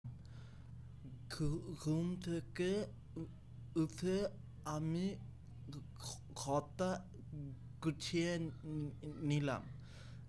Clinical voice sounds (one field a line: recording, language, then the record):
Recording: elicited speech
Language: Bengali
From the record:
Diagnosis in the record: Broca's or global aphasia after a stroke